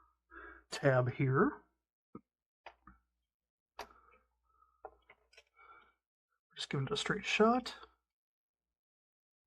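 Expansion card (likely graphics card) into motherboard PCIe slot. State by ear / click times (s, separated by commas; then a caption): not seated / none. Someone talks while an expansion card, likely a graphics card, is handled over a motherboard PCIe slot with its slot tab opened, ready to be pushed straight down. Faint short ticks and taps come at about 2.1, 2.7, 2.9, 3.8, 4.9 and 5.1 seconds between the speech. The card has not seated and the retention latch has not clicked yet.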